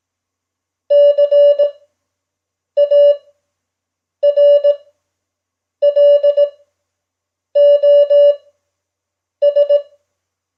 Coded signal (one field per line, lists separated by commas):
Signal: Morse code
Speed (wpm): 18 wpm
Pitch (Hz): 580 Hz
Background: none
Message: CARLOS